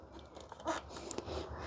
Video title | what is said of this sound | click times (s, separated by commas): Santa Fe Low Beam Bulb Replacement (Hyundai 2007 - 2012) | and just slide it around the back and then push it till you hear it click. | 1.1 s